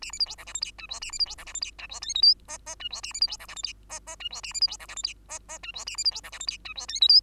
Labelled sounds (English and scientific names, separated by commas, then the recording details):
Bengalese Finch (Lonchura striata domestica) song
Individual Bird2